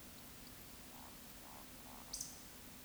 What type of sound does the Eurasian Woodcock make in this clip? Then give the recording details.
whistle, croak. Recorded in Baden-Württemberg, Germany, on 16 June 2021 at 20:17 UTC. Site 18672, 474 m above sea level